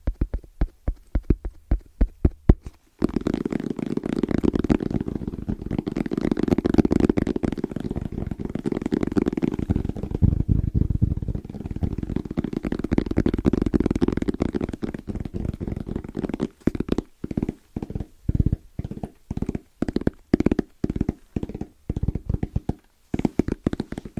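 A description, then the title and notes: Fast, rhythmic tapping on assorted objects. After a few sparse clicks, a dense rolling flurry of quick taps with a low, thumping body runs from about three to sixteen seconds. It then breaks into separate, evenly spaced sharp taps with brief silences between. ASMR Fast & Rhythmic Tapping on Random Objects (No Talking).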